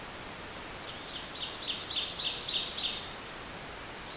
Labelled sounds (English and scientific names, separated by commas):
Ovenbird (Seiurus aurocapilla) song